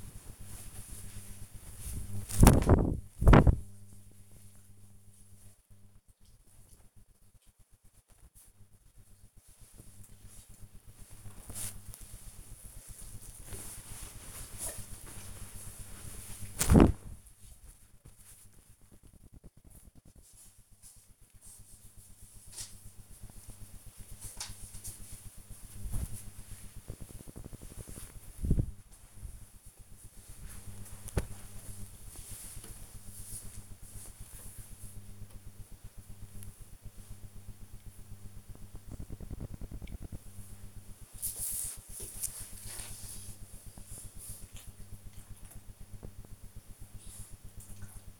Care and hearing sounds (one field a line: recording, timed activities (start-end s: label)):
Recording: household activities, microphone on the right wrist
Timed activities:
0.00-11.20 s: folding laundry
14.22-34.32 s: folding laundry